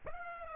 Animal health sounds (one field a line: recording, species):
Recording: mosquito wingbeat signal from an infrared sensor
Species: Aedes aegypti